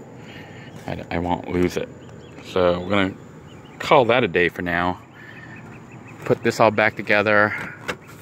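Someone talks while reassembling the rear access panel cover of a Norcold RV refrigerator, reaching to turn its knob latch so it locks into place; the latch on the other side is missing, so only this one can lock. Only speech over a low steady background hum is heard, with no distinct mechanical sound. The clip ends before the latch is turned, so nothing has locked or clicked yet.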